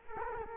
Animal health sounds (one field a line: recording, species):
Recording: mosquito wingbeat signal from an infrared sensor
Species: Culex quinquefasciatus